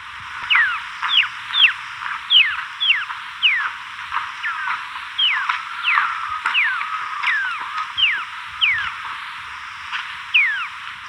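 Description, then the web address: White-tailed shrike-tyrant calling: sharp downslurred whistled notes, falling steeply, given in quick irregular series, with a faint background hiss. Recorded in Ecuador. "Birds of Ecuador 3. White-Tailed Shrike-Tyrant"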